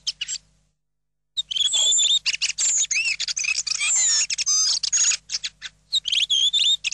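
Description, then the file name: Redwing song: a brief high twitter, a short silence, then a dense run of squeaky, chattering notes and thin whistles mixed with short slurred phrases. "Tordo Sassello"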